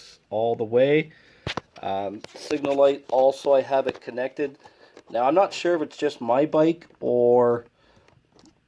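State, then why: Not seated. Someone talks while joining a plastic signal-light wiring connector on a Suzuki GSX-S 1000F motorcycle during a rebuild. The connector halves just slide together without latching, and nothing has clicked yet.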